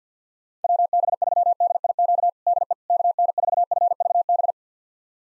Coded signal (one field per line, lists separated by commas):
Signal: Morse code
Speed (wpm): 50 wpm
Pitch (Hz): 700 Hz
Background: none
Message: WB3DIQ DE KN4FVB